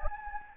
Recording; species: mosquito wingbeat signal from an infrared sensor; Anopheles gambiae